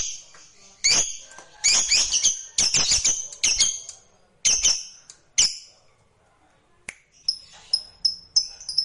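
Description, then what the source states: Lovebird chatter: harsh, scratchy high chirps in irregular bursts, a quiet gap, then a run of short, thin, evenly spaced chirps. Lovebird sound played to stimulate lovebirds.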